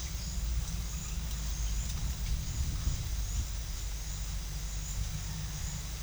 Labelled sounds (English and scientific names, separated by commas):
none